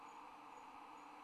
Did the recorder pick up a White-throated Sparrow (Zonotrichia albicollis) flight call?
no